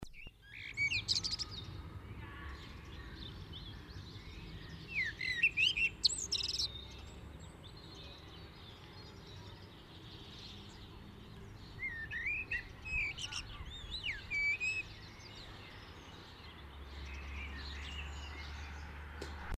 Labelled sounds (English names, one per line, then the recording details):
Common Blackbird song
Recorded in the wild
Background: Homo sapiens
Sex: male
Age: adult
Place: Kaiserslautern, Rheinland-Pfalz, DE
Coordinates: 49.4247, 7.77889
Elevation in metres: 279
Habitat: garden
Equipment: Nagra IV, Sennheiser MKH 405, Parabolreflektor
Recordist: Tretzel, Erwin
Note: Aufnahme vermutlich Sommer 1982, Garten, Kaiserslautern: Gesang